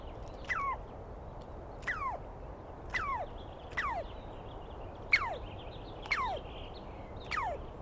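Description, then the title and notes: Douglas squirrel calls: seven strident, downward-sweeping screeches at roughly one-second intervals, with soft bird twitters in the background. Wild animal, probably a Douglas pine squirrel, screaming at length; recorded at dawn, 21 April 2017, in the East Cascades; identified by sound, not clearly seen. "Interview With The Chipmunk. On the morning of 21 April, 2017, I set up my microphones and recorder for a nice dawn recording in the East Cascades. I was started awake by a screaming Douglas Pine Squirrel"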